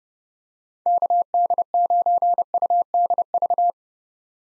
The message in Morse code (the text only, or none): KD9UDV